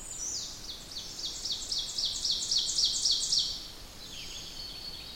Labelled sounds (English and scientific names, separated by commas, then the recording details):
Ovenbird (Seiurus aurocapilla) song
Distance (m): 30 m
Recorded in boreal forest in Alberta, Canada, on 20 June 2016 at 05:48
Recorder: SongMeter 3, array SBT-6-81
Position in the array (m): 67 m, 23 m
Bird 47